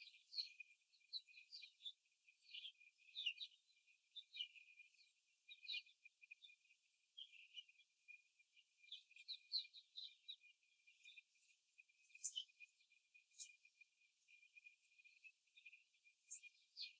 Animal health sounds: young laying hens in a cage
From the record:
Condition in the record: before the stressor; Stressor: simulated dog barking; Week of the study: 3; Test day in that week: 2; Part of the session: 2

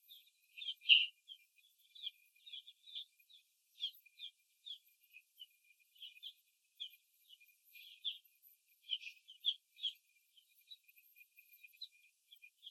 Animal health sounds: young laying hens in a cage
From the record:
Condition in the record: after the stressor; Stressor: simulated dog barking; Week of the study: 1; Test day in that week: 2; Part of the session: 3

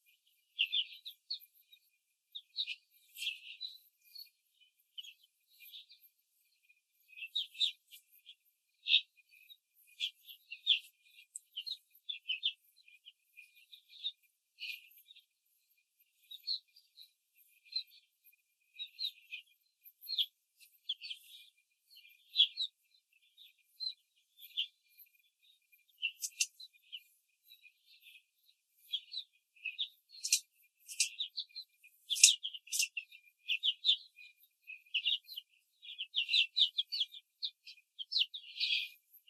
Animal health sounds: young laying hens in a cage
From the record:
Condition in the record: control cage, before the stress test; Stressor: none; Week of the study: 4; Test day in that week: 1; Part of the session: 1

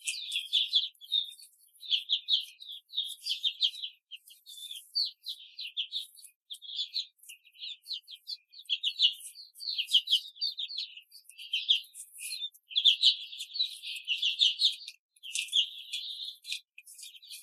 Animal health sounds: young laying hens in a cage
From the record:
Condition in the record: control cage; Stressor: none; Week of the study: 5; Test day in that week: 1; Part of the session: 1

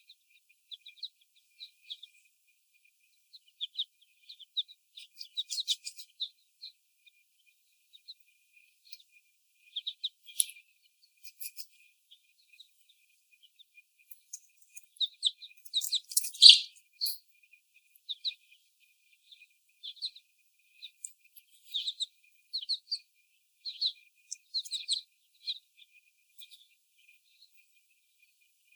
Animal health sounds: young laying hens in a cage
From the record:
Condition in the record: before the stressor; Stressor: sudden umbrella opening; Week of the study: 1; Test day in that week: 1

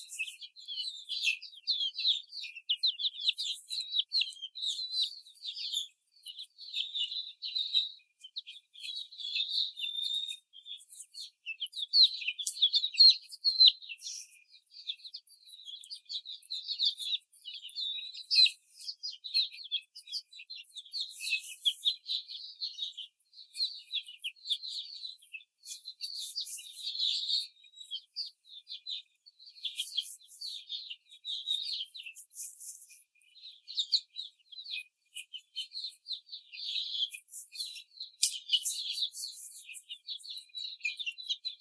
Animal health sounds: young laying hens in a cage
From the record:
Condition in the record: before the stressor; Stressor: simulated dog barking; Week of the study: 4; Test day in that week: 3

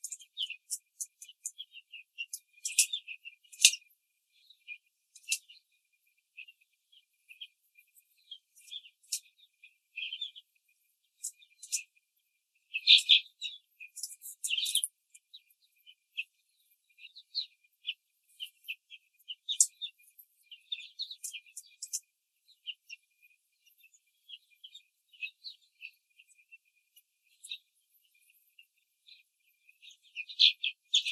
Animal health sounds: young laying hens in a cage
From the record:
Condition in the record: control cage, after the stress test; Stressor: none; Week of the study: 4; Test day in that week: 3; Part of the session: 3

